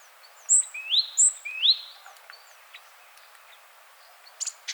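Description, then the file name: Great tit calls: two quick pairs of a high piping note and a rising slurred note early on, then quieter, with a few sharp clicks at the end. "Parus major"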